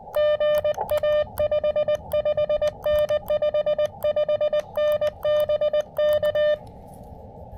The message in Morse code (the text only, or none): GA 55N 55N BK